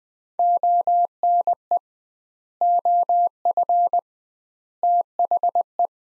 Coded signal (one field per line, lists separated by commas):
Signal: Morse code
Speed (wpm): 20 wpm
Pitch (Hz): 700 Hz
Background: none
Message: ONE OF THE